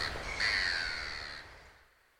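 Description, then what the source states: Gull call, one drawn-out harsh cry with a slightly falling pitch lasting about a second, then fading out, with a low rumble beneath. Seagull described as dancing for breakfast.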